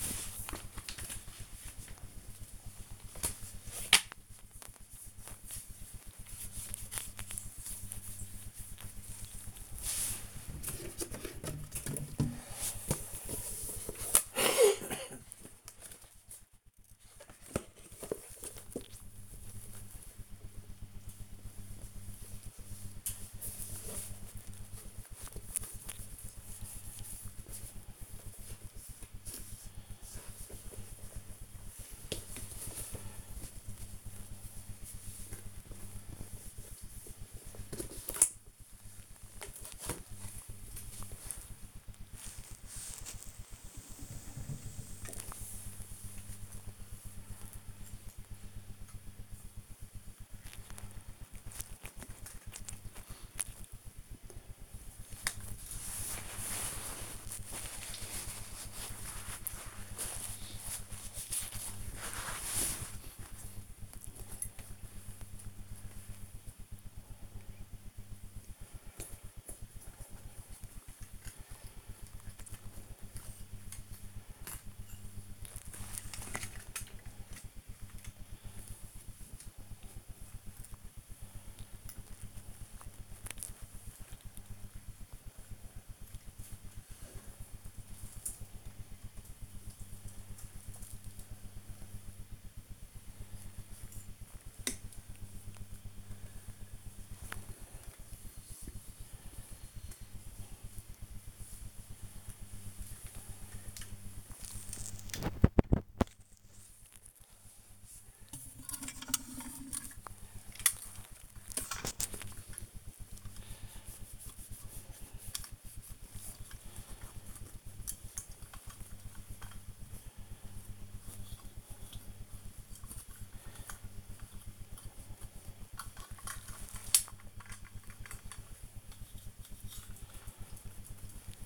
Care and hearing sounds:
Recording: household activities, microphone on the right wrist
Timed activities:
0.00-87.95 s: dusting model cars
95.00-131.46 s: dusting model cars

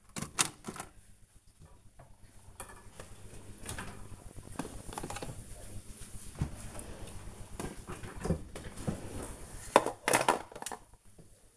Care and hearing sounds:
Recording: household activities, microphone on the right wrist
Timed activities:
0.00-11.57 s: putting away the dishes

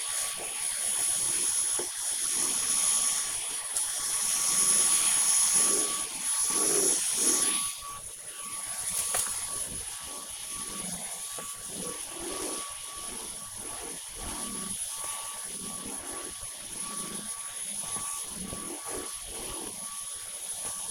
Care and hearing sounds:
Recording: household activities, microphone on the right wrist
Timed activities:
0.00-20.91 s: vacuum cleaning

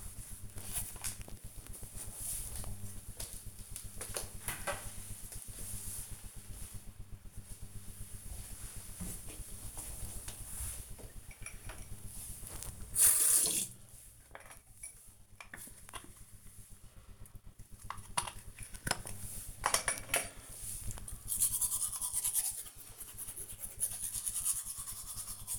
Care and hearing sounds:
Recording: household activities, microphone on the right wrist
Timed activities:
0.00-1.43 s: floor cleaning
12.50-25.59 s: brushing teeth

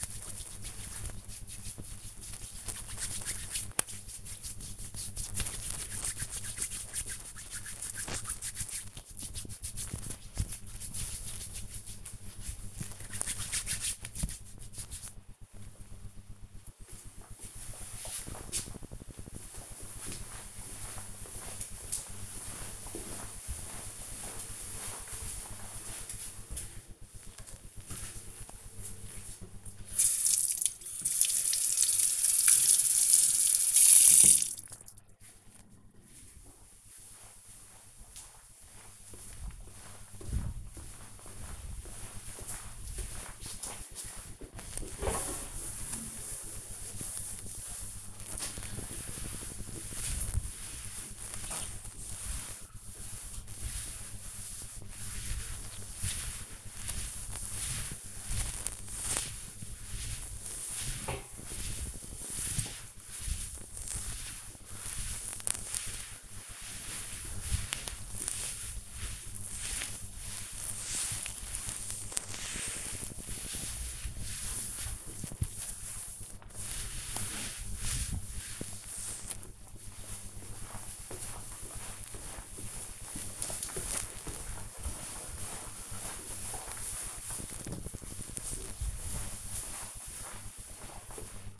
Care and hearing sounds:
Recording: household activities, microphone on the right wrist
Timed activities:
0.00-15.33 s: cream hands
26.43-79.86 s: cleaning table

